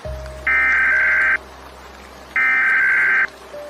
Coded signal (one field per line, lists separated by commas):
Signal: Emergency Alert System (SAME) tones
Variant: header bursts